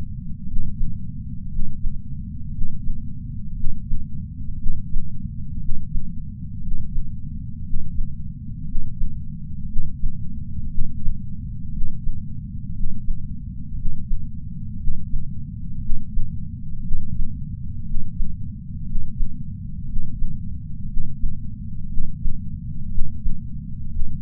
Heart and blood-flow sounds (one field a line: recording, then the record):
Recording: heart sounds by patch sensor on the chest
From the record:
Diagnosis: coronary artery disease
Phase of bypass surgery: intraoperative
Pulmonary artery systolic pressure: 25 mmHg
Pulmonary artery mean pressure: 17 mmHg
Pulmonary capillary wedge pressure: 11 mmHg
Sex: male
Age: 62 years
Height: 172 cm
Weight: 60 kg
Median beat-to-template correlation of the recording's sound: 0.91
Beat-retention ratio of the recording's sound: 1.00